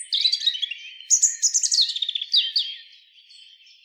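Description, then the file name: European robin song: a rapid run of thin, high trilling notes, then a brighter burst of sharp, tinkling twitters that fades into soft, wavering whistles. "Erithacus rubecula"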